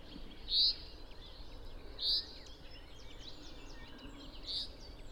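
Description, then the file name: Common chaffinch calls: three short, bright, high notes about every two seconds, over steady background noise. "Fringilla coelebs"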